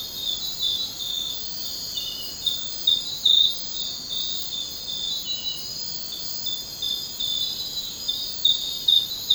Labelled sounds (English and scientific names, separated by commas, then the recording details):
none
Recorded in secondary vegetation near Puerto Asís, Putumayo, Colombia, on 13 March 2025 at 02:30
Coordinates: 0.498, -76.327
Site G001